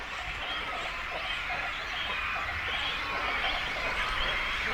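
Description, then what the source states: Cormorants in a noisy colony, rapid overlapping guttural calls and squeaky chatter forming a continuous chorus that grows slightly louder. Breeding colony of cormorants with chicks, at Zemitz, Germany.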